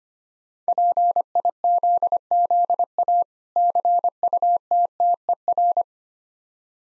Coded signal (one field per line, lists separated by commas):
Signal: Morse code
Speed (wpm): 25 wpm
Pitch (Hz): 700 Hz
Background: none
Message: PIZZA CUTTER